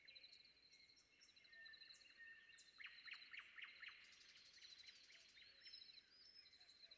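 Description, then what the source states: Common nightingale delivering a fast series of five sharp repeated notes, followed by a rattling flurry, over a steady high tone. Sung before dawn.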